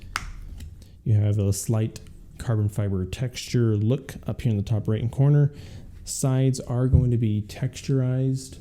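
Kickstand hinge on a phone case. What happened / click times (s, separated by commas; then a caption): The kickstand snapped into its detent / 0.2 s. The built-in kickstand on a rugged plastic iPhone 12/12 Pro case is flipped open and snaps into its detent with a sharp click at 0.2 s, seating firmly and holding very sturdy. Someone then talks for the rest of the clip.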